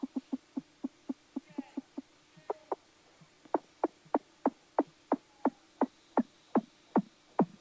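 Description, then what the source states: Weddell seal song: a rapid series of sharp pulsed calls, pausing briefly midway, then resuming louder and more spaced out. Played recording of Weddell seal song, heard around a camp in Antarctica once it goes quiet; described as very rare and like being in outer space.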